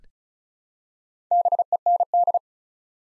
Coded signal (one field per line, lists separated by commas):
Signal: Morse code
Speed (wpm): 36 wpm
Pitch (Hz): 700 Hz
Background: none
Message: BEND